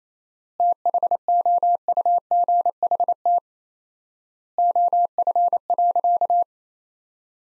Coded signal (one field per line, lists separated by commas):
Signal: Morse code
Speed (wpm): 28 wpm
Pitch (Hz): 700 Hz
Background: none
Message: THOUGHT OF.